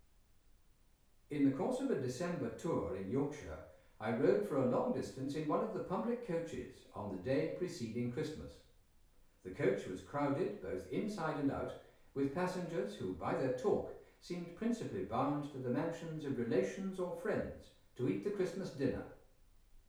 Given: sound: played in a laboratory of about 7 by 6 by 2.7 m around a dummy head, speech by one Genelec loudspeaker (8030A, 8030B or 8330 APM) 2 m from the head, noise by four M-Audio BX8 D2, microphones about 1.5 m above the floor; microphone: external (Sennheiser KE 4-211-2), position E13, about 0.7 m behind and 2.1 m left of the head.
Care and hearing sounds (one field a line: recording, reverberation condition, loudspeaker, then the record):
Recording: male speech in English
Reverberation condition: medium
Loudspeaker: 30 degrees to the left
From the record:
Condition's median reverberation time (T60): about 510 ms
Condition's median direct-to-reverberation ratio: about -0.5 dB